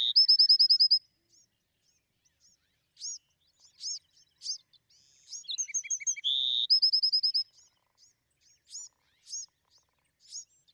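Bewick's wren song opening with a fast trill, then spaced high chips, a buzzy note and another quick ringing trill.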